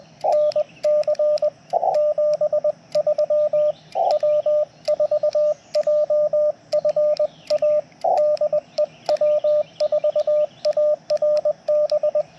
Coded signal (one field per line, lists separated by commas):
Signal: Morse code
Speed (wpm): 19 wpm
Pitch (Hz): 590 Hz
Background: radio noise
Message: NC 73 W4JFA DE W4ARB